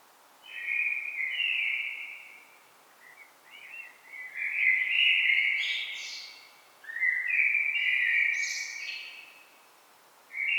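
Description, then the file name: Common blackbird song: several fluting, warbled phrases, most ending in higher squeaky twitters, separated by short pauses. "Turdus merula"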